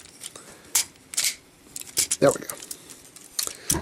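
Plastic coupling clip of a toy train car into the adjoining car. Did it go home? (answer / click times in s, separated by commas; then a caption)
yes / 3.4 s, 3.7 s. A plastic coupling clip on a ToQger DX TOQ-OH toy train car, which had come loose, is plugged back into the next car and slid up while someone talks over rustling plastic handling sounds. Sharp clicks at 3.4 s and 3.7 s mark the clip locking into place, and it is seated.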